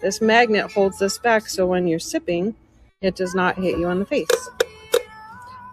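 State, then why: Seated. A lock on a plastic drinking-bottle lid with a magnetic flip-straw is set, and it clicks shut with one sharp, short click at 4.9 s over background music. Someone talks before the click.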